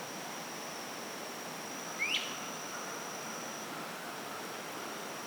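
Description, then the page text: Great crested flycatcher giving a single short upward-sweeping whistled wheep over steady hiss and a thin constant high tone. Maryland. "Maryland Biodiversity. Great Crested Flycatcher ( Myiarchus crinitus )"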